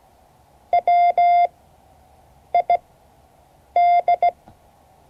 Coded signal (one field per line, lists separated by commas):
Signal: Morse code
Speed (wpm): 16 wpm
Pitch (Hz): 700 Hz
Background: none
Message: WID